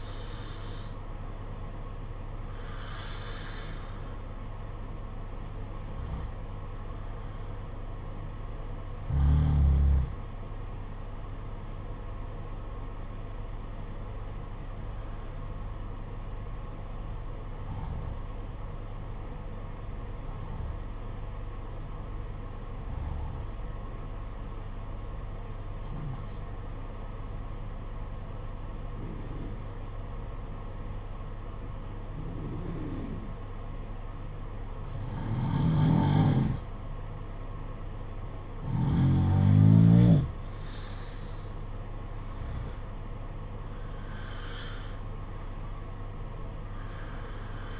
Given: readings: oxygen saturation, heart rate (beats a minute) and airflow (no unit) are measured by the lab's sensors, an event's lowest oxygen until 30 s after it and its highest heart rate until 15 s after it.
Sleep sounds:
breathing in sleep by a smartphone at the bedside; 1
9.00-40.80 s: hypopnea (N1, oxygen 95% highest, then 88% lowest, heart rate 54 at the start, 64 highest)
27.00-47.80 s: new sleep stage, N2 (light sleep)
From the record:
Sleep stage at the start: N1 (lightest sleep); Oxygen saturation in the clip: 89 to 95%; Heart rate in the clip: 52 to 62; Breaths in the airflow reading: 14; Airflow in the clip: -6.6 to 6.7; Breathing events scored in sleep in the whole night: 476 in 9.7 hours asleep

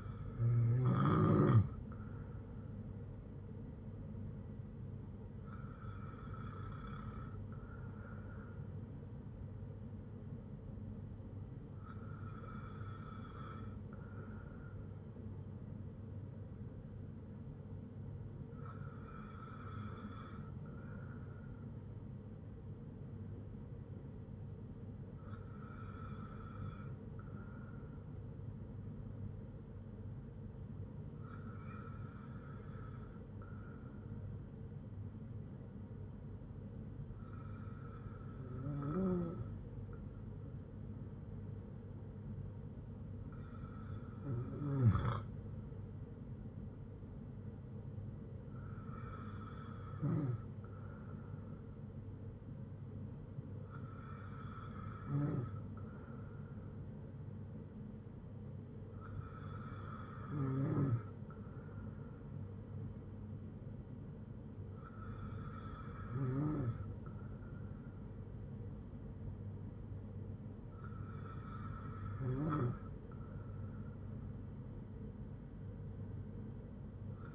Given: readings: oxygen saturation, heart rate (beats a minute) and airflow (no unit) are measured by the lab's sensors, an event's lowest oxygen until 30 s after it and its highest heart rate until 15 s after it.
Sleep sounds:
breathing in sleep by a smartphone at the bedside; none
none scored
From the record:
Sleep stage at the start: N2 (light sleep); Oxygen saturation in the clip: 94 to 95%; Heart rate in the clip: 55 to 64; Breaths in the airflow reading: 13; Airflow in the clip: -5.6 to 4.6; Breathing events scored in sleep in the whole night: 182 in 7.4 hours asleep

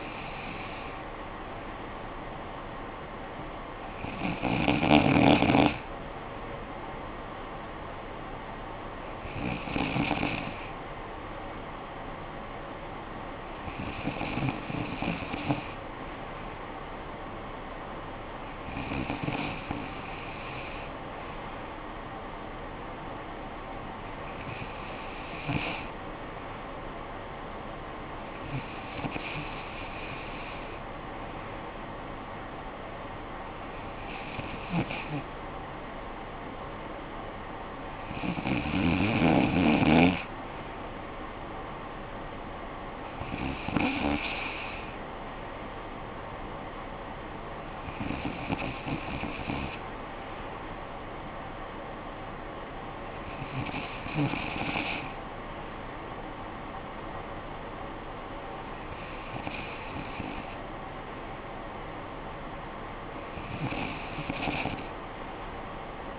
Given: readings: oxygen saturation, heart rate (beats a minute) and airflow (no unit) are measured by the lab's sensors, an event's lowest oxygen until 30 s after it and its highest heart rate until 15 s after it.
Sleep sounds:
breathing in sleep by a voice recorder at the bedside; none
none scored
From the record:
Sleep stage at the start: N2 (light sleep); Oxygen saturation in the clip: 94 to 95%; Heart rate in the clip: 49 to 59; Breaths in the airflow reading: 14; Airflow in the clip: -10.2 to 6.1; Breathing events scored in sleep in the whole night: 445 in 7.6 hours asleep

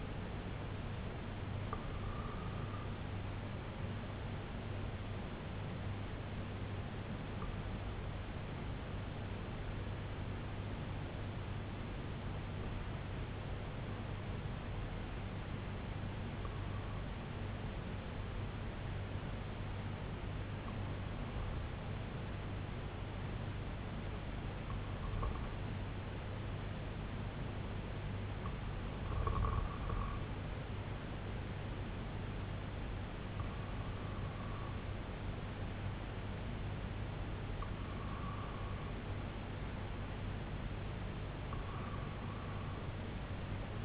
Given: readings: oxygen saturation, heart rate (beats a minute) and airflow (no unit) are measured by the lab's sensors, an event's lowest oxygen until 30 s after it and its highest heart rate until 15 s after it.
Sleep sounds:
breathing in sleep by a voice recorder at the bedside; 1
12.00-35.40 s: hypopnea (REM, oxygen 96% highest, then 93% lowest, heart rate 70 at the start, 70 highest)
From the record:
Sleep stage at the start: REM sleep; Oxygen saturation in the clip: 93 to 96%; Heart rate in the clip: 63 to 85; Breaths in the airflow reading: 10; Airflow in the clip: -5.3 to 4.3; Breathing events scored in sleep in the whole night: 258 in 7.4 hours asleep

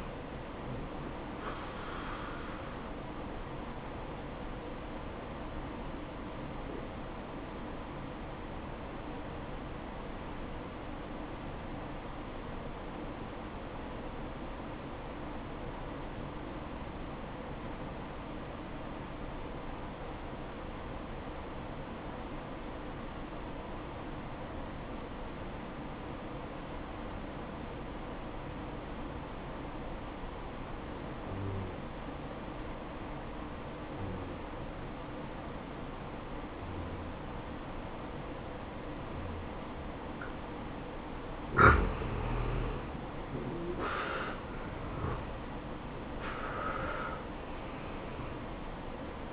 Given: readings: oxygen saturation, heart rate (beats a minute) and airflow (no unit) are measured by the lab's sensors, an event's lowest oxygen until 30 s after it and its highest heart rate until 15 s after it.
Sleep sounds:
breathing in sleep by a voice recorder at the bedside; 1
10.00-43.20 s: obstructive apnea (N1, oxygen 96% highest, then 85% lowest, heart rate 60 at the start, 70 highest)
18.00-48.00 s: new sleep stage, N2 (light sleep)
48.00-49.33 s: new sleep stage, N1 (lightest sleep)
From the record:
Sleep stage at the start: N1 (lightest sleep); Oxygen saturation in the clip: 85 to 96%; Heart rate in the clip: 59 to 70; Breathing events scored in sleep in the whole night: 573 in 9.8 hours asleep

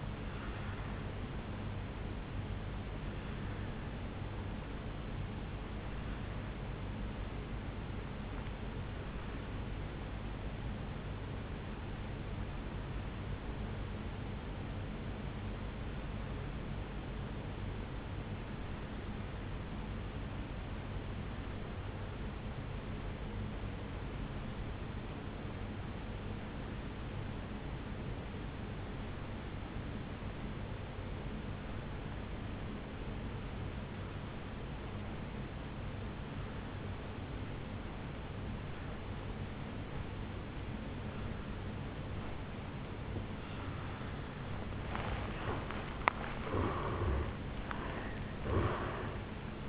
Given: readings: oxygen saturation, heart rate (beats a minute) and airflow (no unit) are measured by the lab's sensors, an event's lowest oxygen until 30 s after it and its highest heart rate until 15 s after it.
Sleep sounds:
breathing in sleep by a voice recorder at the bedside; 1
11.00-45.00 s: obstructive apnea (N1, oxygen 97% highest, then 82% lowest, heart rate 53 at the start, 76 highest)
From the record:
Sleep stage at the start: N1 (lightest sleep); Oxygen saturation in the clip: 83 to 97%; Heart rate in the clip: 53 to 75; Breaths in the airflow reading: 4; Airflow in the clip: -13.5 to 6.9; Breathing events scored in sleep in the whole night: 449 in 7.0 hours asleep

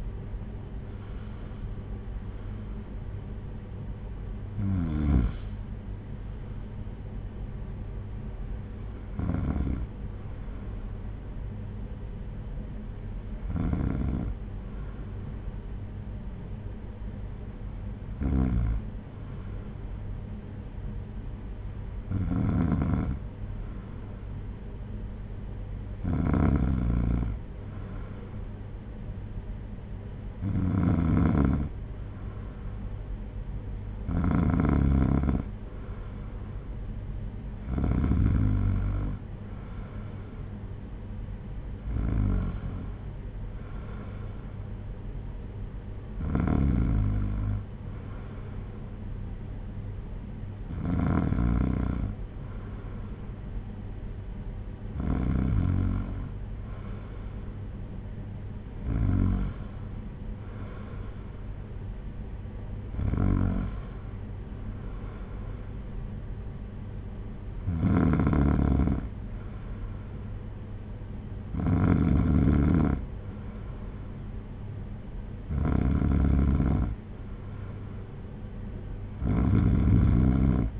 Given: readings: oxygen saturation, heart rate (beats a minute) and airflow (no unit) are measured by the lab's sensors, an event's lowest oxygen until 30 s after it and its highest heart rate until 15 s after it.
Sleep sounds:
breathing in sleep by a smartphone at the bedside; none
none scored
From the record:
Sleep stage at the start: N2 (light sleep); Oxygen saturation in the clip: 93 to 95%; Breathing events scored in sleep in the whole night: 226 in 8.8 hours asleep

